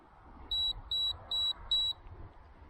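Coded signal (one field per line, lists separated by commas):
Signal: beep code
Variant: Hawkeye Firefly X Lite camera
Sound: four evenly spaced high-pitched electronic beeps, each about a fifth of a second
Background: low background hum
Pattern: 4 short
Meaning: Four beeps mean the camera is now in 2.5K mode with image stabilization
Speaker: that's 4 beeps now, so we are now in 2.5K mode, and this has the automatic image stabilization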